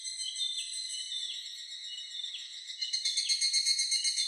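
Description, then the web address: Evening cicada song, a fast ringing pulsed trill with wavering, slightly falling phrases, growing louder and more throbbing in the final second or so. Recorded on 4 July 2004. "2004 040704 higurasi"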